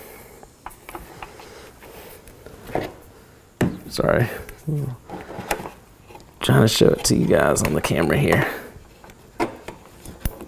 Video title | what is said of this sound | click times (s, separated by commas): 2017 + Super Duty LED Front Blinker Lights Installation (From F150LEDs.com) | there we go you hear it click that means it's got a firm connection | 10.2 s